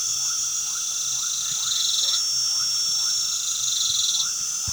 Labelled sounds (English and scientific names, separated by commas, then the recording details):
none
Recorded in pastures near Puerto Asís, Putumayo, Colombia, on 12 March 2025 at 20:00
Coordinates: 0.497, -76.327
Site G072